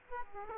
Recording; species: mosquito wingbeat signal from an infrared sensor; Aedes aegypti